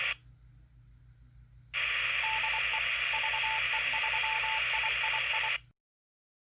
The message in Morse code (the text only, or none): DE VE3III